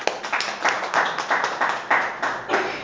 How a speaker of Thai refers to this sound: ปรบมือให้กับตัวเองนะครับ